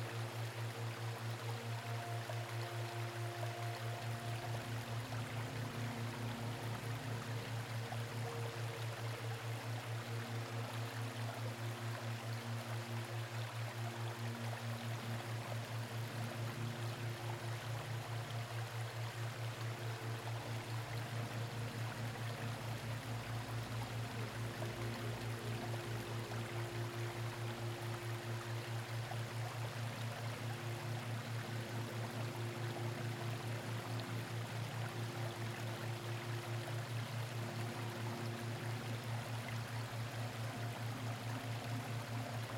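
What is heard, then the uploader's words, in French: A waterfall rushes steadily for the whole clip, a dense, even wash of water noise filling the low and high range alike. Underneath, soft music plays long, held low tones and slow sustained notes that shift gently every few seconds. Murmure Apaisant d'une CASCADE et une MUSIQUE Douce Revitalisante.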